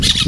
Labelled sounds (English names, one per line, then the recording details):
Brown-throated Parakeet contact call
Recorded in Venezuela
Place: Guárico; Corozopando; Fundo La Fe
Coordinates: 8.506, -67.593